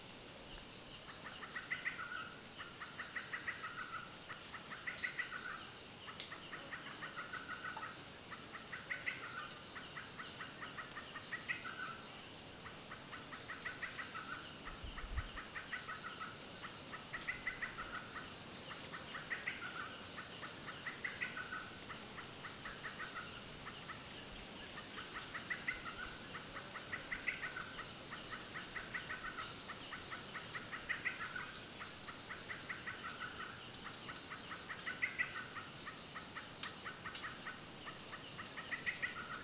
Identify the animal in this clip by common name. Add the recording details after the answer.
Little Greenbul. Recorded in Kibale, Uganda